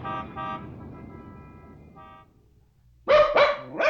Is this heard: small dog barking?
yes